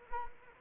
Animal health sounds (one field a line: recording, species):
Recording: mosquito wingbeat signal from an infrared sensor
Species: Anopheles arabiensis